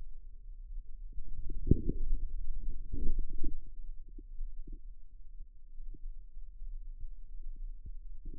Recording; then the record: forearm muscle sounds (acoustic myography)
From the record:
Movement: outward rotation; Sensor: system 2, bracelet of six BSWA MPA416 microphones around the upper forearm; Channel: 4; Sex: male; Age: 22 years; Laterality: right